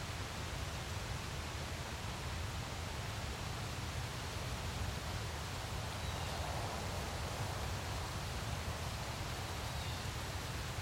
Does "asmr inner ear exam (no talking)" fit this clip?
no